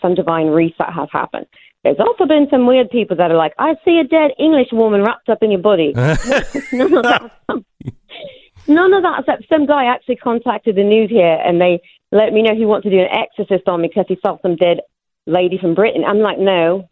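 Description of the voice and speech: Adult woman speaking with foreign accent syndrome; her speech sounds sing-songy, as if she is from somewhere else. The accent was first Irish, later British or Australian, the current one lasting three years, and it follows a neurological brain trauma.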